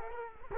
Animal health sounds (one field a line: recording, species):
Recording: mosquito wingbeat signal from an infrared sensor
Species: Culex quinquefasciatus